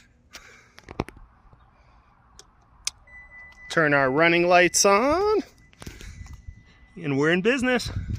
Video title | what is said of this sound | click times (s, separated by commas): How to replace a tail light bulb in a Toyota Prius 2008 | into place and then twist and a little click and it's in | 2.9 s